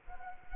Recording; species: mosquito wingbeat signal from an infrared sensor; Culex quinquefasciatus